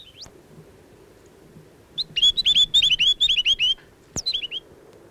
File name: chatham island tomtit song